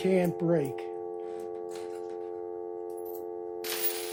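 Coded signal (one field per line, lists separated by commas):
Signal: telephone call progress tone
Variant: North America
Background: speech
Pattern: dial tone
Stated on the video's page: Tone from a homemade payphone coin controller, version 6.0.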